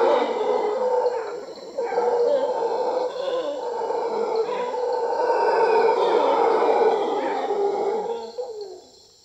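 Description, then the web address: Mantled howler monkey chorus of deep, grinding roars, rising and falling in waves before fading out in the last second. Primate of the South American rainforest. "Natures Songs S America Primates of the Rainforest Mantled howler monkey"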